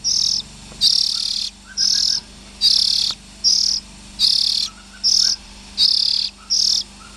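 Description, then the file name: Oriental magpie-robin harsh calls: buzzy rasping bursts repeated about once a second, with faint soft whistled notes between them. Young birds. "Tieng chim chich choe than non"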